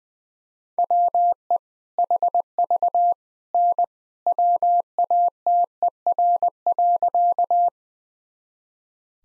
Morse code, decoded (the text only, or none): WE HV N WATER.